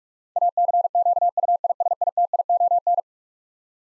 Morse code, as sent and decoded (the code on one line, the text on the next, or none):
.- -.-. --.- ..- .. ... .. - .. --- -.
ACQUISITION